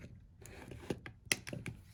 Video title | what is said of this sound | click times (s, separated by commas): Baofeng UV-5r battery won’t stay keeps coming / falling out clip repair fix | go. There's a click. | 1.3 s